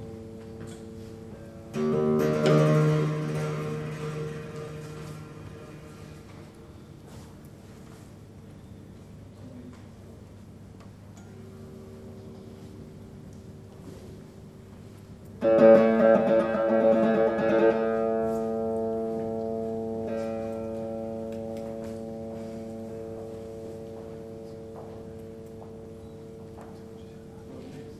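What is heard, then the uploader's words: Metallic sound sculptures ring out twice, struck near 2 and 15 seconds, each leaving long, steady humming tones that slowly fade indoors. Two sound sculptures in Centre Georges Pompidou.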